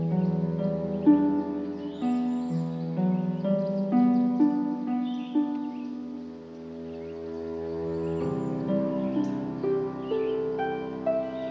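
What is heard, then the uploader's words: Calm music plays throughout: soft sustained tones and gentle chords that shift every second or two, with a low steady hum underneath and a brief dip in loudness around six seconds. Faint, thin bird chirps flicker high above the music now and then. Nature Sounds with calm music.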